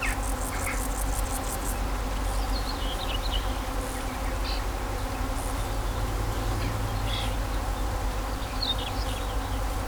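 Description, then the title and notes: Bees humming steadily in a low drone, while birds chirp and twitter at intervals and a quick rattling insect trill sounds near the start. Bees in vineyards at Kallstadt, Germany, in rural countryside, with birds singing and road traffic sounds. "In den Reben, Kallstadt, Deutschland - In Kallstadt summen die Bienen. Natur, Weinreben, Bienen summen, Vögel singen, Fahrgeräusche von Straße, Land"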